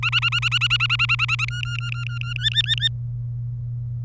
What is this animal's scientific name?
Serinus canaria